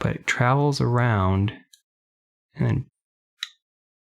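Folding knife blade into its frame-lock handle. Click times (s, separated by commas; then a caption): 3.4 s. Someone talks while moving the blade of a CNC folding knife, and a groove travels around until the blade pops into its position in the steel frame-lock frame. A sharp, short click is heard at 3.4 seconds as the blade seats into its frame-lock handle.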